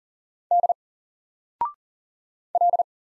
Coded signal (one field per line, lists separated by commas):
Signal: Morse code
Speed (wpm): 40 wpm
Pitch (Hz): 700 Hz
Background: none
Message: D L